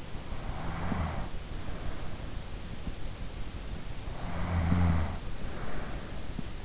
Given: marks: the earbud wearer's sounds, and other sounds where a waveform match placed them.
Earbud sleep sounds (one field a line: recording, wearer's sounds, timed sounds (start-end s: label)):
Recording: sounds in sleep by an in-ear microphone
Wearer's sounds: breath, snoring breath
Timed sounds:
0.26-2.95 s: breath
4.17-6.65 s: snoring breath